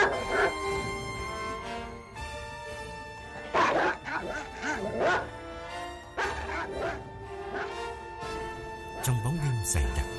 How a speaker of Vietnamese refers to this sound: Con chó nhà hàng xóm thì cứ lao tới phía ông mà sủa, rồi lại lùi ra xa, gầm gừ và lại chồm tới, y như xua đuổi